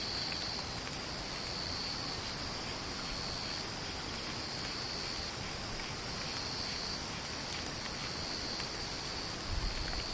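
Insects sing in a steady, high, thin drone that holds unbroken through the whole clip, with a fainter, even higher tone above it. Underneath runs a constant hiss and low rumble, with a brief thump right at the end.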